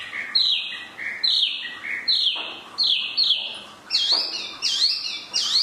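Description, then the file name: Chinese hwamei singing loud, clear whistled phrases that slide downward, repeated again and again, then shifting to higher, sharper notes near the end. "hwamei mini"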